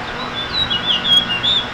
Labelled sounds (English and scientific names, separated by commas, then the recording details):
House Finch (Haemorhous mexicanus) song
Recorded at Glen Cove on Long Island, New York, on 14 June 2013
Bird B